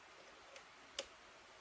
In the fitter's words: And there we go. My hand was in the way, but it clicks right in here.